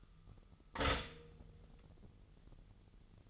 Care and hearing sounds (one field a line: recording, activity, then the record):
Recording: daily activity, microphone in the room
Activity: stop toaster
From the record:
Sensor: 4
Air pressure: 989.4 hPa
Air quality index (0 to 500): 217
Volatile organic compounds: 69 ppm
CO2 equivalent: 3506 ppm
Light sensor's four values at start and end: 24/83/31/32 and 24/82/30/32